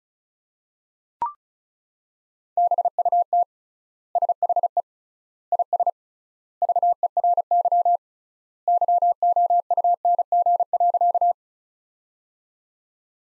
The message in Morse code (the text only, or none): BUT SHE IS VERY YOUNG.